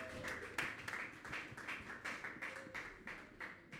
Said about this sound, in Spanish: Esto es Guitarra de Palo. Un fuerte aplauso para el señor